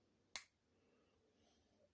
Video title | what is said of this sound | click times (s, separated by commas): "HERD EM UP" @HTS_EDC @CornbreadCorner #usa #traditional #knife #edc #knife #whatyatotin #youtube | pops right in there half stops a little weak but we ain't going to worry about that | 0.4 s